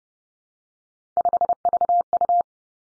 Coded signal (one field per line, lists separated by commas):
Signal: Morse code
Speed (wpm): 30 wpm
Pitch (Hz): 700 Hz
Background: none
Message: 5VU